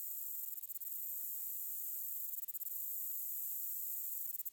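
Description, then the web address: Hirobane grasshopper stridulation: brief high buzzy pulse bursts roughly every two seconds over a steady high hiss. Recorded 20 August 2006. "2006 060820 hirobanehinabatta"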